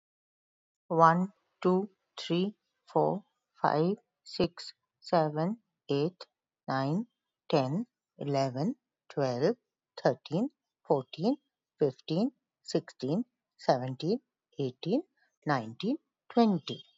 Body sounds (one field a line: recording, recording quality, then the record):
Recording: counting at a normal pace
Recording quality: excellent, no background noise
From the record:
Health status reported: recovered from COVID-19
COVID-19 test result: positive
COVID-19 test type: RT-PCR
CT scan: taken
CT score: 0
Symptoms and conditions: fatigue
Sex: female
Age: 55 years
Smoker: no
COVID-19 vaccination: both doses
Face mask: not worn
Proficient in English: yes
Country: India